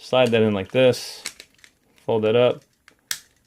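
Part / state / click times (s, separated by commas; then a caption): plastic leg joint of a transforming robot toy / seated / 3.1 s. Someone talks while folding the plastic leg of a transforming robot toy up into its short mode. A few faint clicks come from handling, then the leg joint snaps into place with a sharp, loud click at 3.1 seconds.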